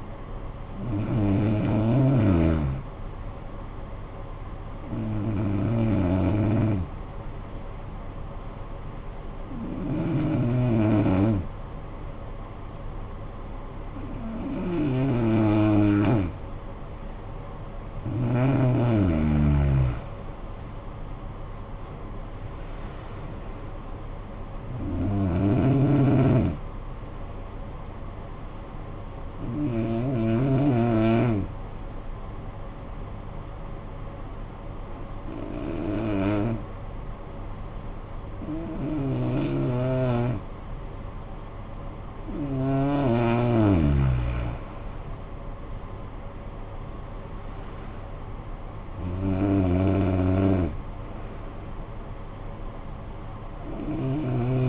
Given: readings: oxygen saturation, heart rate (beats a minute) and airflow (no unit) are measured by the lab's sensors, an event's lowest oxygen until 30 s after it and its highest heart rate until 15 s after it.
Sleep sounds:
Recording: breathing in sleep by a smartphone at the bedside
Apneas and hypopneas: 2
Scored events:
4.00-20.20 s: hypopnea (N2, oxygen 92% highest, then 88% lowest, heart rate 52 at the start, 67 highest)
28.00-44.50 s: hypopnea (N2, oxygen 93% highest, then 85% lowest, heart rate 55 at the start, 68 highest)
From the record:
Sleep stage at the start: N2 (light sleep)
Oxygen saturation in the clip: 87 to 93%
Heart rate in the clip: 49 to 68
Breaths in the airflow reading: 11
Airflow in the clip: -15.4 to 8.8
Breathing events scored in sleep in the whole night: 445 in 7.6 hours asleep

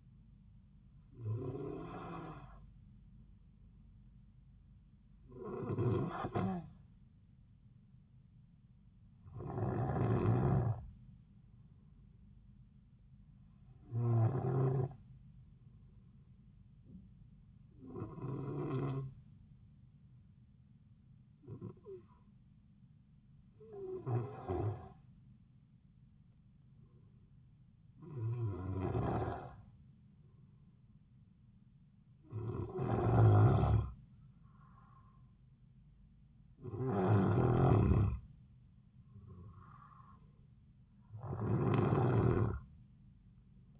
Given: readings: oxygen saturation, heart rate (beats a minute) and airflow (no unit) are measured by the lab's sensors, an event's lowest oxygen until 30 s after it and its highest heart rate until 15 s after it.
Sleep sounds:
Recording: breathing in sleep by a smartphone at the bedside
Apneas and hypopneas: 1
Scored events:
6.00-32.00 s: hypopnea (N2, oxygen 94% highest, then 91% lowest)
From the record:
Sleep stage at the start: N2 (light sleep)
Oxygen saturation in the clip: 91 to 94%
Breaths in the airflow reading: 11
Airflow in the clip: -4.0 to 5.0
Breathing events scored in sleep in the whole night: 270 in 6.1 hours asleep

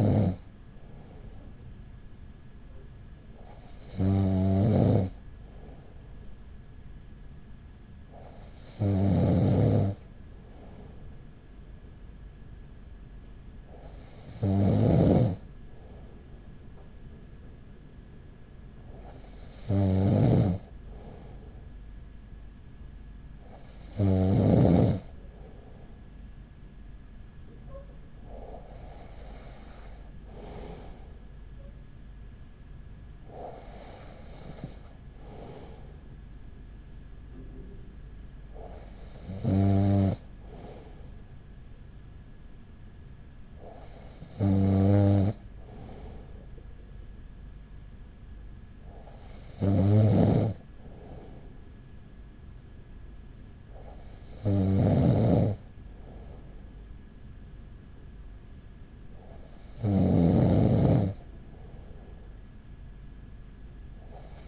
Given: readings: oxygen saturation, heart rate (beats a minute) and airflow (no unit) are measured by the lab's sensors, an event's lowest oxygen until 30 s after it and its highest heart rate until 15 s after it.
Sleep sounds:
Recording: breathing in sleep by a smartphone at the bedside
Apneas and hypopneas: none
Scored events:
none scored
From the record:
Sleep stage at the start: N2 (light sleep)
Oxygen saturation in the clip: 94 to 95%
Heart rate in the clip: 39 to 42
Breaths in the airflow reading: 13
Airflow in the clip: -6.2 to 4.8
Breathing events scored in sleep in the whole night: 207 in 7.6 hours asleep

